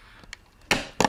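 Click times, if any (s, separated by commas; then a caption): 0.7 s. Heated side-mirror glass for a 2001–2009 Volvo S60, V70, XC90 or S80 is engaged on the far side, then pulled and pressed onto the mirror's adjusting motor plate. After a few faint ticks, it snaps on with a sharp click at 0.7 s, followed by a second sharp snap around 1.0 s. The glass is seated and secured.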